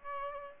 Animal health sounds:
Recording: mosquito wingbeat signal from an infrared sensor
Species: Aedes albopictus

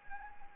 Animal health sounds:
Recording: mosquito wingbeat signal from an infrared sensor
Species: Anopheles arabiensis

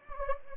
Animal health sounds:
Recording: mosquito wingbeat signal from an infrared sensor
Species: Anopheles gambiae

